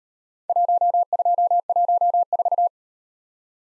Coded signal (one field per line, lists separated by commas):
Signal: Morse code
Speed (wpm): 37 wpm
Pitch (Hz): 700 Hz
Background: none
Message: 1214